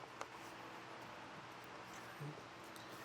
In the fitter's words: We're just going to kind of slide it into place until it clicks.